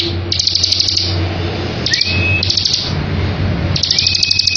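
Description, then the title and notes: Bar-winged prinia singing rapid, buzzy chattering trills, some introduced by a short rising whistle, in repeated bursts with a steady low hum beneath. Ngebren song style of the bar-winged prinia, used as a tutor recording for training white-rumped shamas. "Ciblek Ngebren Untuk Masteran Murai Batu. Suara burung ciblek - Suara Nada"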